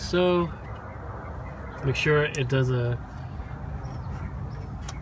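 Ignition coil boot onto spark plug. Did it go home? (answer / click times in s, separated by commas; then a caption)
yes / 4.9 s. On a 1995 Nissan Quest, a rubber ignition coil boot is slid over a spark plug and pushed down onto the plug terminal while someone talks over a steady low hum. At 4.9 s a short, sharp click is heard as the boot seats on the plug, a click that could also be felt.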